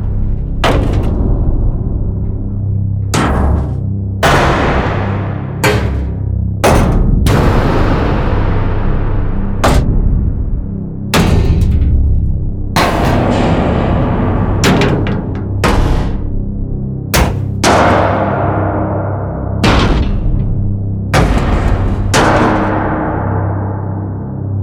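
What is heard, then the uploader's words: Heavy metal impacts, clanks and clunks, strike one after another every second or two, each with a sharp bright crack and a ringing, slowly fading tail. A deep booming resonance hums underneath throughout, keeping the sound full between hits. Heavy Metal Impact Sound Effects. A wide variety of different clanks and clunks. Old and rusty sheet metal to huge steel door.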